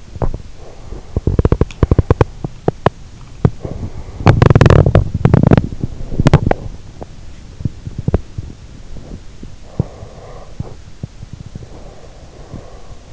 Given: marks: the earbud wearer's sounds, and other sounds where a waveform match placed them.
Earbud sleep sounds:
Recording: sounds in sleep by an in-ear microphone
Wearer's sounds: body movement, teeth grinding, breath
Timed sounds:
0.00-0.92 s: body movement
1.19-11.86 s: teeth grinding
9.71-13.13 s: breath

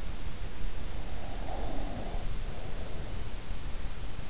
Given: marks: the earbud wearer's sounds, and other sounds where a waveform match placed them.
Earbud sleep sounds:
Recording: sounds in sleep by an in-ear microphone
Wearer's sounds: breath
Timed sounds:
1.36-3.41 s: breath

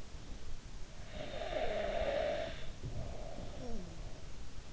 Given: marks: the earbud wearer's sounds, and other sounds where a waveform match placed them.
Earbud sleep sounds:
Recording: sounds in sleep by an in-ear microphone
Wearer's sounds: snoring breath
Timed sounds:
1.10-3.98 s: snoring breath

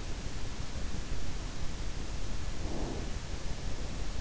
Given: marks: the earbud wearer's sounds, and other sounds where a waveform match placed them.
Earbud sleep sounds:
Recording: sounds in sleep by an in-ear microphone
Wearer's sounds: breath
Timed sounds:
2.29-3.29 s: breath

